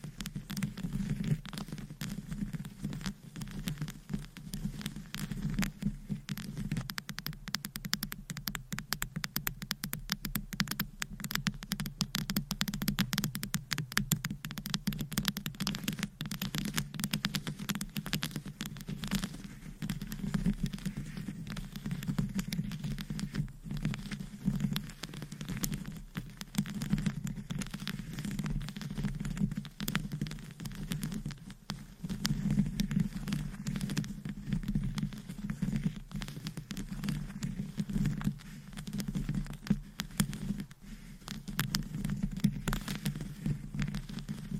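Fast, aggressive tapping and scratching with nails on various items runs without pause, a dense patter of quick clicks and scrapes. A low rumbling body sits under it throughout, with a brighter, busier stretch of scratching around six to fifteen seconds.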